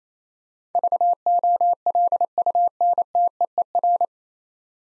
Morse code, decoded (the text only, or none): VOLUNTEER